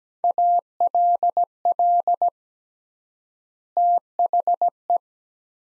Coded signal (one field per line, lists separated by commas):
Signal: Morse code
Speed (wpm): 17 wpm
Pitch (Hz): 700 Hz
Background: none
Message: ALL THE